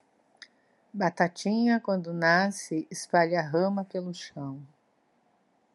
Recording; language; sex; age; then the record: short text; Brazilian Portuguese; female; 60 to 69 years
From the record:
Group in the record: control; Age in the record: 62 years